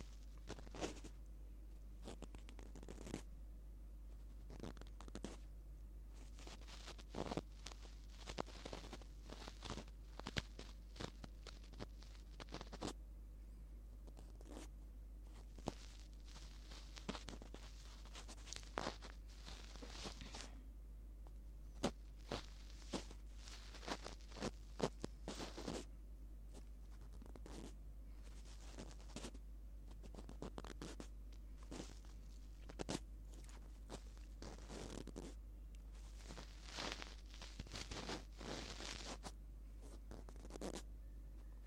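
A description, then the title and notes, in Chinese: Ear cleaning, heard as a steady run of short, dry scratching and rustling strokes that come in irregular bursts and clusters for the whole clip. The scrapes are bright and crisp, with a constant low hum underneath. 掏完耳朵。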